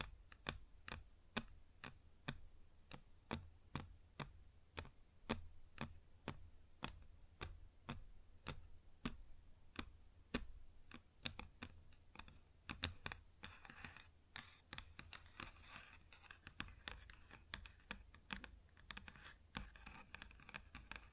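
Fingers tap a wooden surface in a steady, even rhythm of sharp clicks, about two or three per second. After roughly thirteen seconds the taps crowd closer together and rough scratching strokes mix in between them. A low hum runs underneath throughout.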